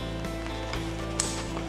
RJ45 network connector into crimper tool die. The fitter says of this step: till it locks in place